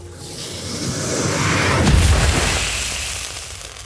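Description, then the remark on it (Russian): A deep nuclear explosion boom swells out of a rising rush of noise, peaking with a heavy low-end blast before a long rumbling roar slowly fades away. “Если на каждом шаге количество нейтронов будет расти, будет лавинообразно нарастать количество распадов и начнется цепная реакция, то есть произойдет ядерный взрыв.”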